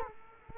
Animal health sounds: mosquito wingbeat signal from an infrared sensor; Culex quinquefasciatus

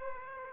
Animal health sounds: mosquito wingbeat signal from an infrared sensor; Aedes aegypti

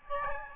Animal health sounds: mosquito wingbeat signal from an infrared sensor; Aedes albopictus

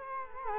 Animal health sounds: mosquito wingbeat signal from an infrared sensor; Culex quinquefasciatus

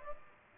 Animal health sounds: mosquito wingbeat signal from an infrared sensor; Aedes aegypti

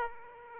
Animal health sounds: mosquito wingbeat signal from an infrared sensor; Aedes aegypti

